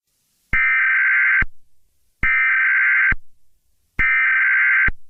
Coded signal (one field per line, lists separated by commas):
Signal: Emergency Alert System (SAME) tones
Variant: header bursts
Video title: EAS Mock: Tom is Extremely Angry with You [Explicit]